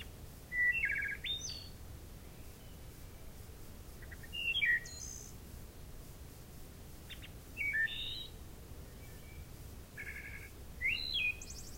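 Wood thrush song: four clear phrases roughly every three to four seconds, each a few soft notes, a rich fluted warble and a high, shivering trill.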